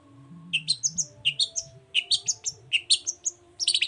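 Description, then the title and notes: Long-tailed shrike song: a varied sequence of short high notes stepping up and down, ending in a quick dense burst. Morning song with full "toet toet" variations from a constantly singing (gacor) bird, used as a lure to provoke other long-tailed shrikes to answer. "Langsung NYAUTTTTT ! Cendet Gacor Dor Di Kala Pagi Toet Toet Variasi Suara. Pancingan Emosi Cendet Gacor Full Variasi Toet Toet Bikin Nyaut Cendet Lain Langsung Ikutan Bunyi. Burung cendet"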